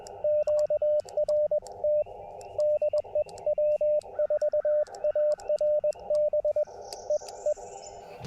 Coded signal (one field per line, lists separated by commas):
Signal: Morse code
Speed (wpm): 21 wpm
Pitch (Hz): 600 Hz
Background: radio noise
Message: QRT DE W4ARB EE